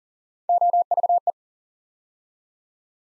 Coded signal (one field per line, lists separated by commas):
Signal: Morse code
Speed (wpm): 40 wpm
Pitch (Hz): 700 Hz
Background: none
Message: OVE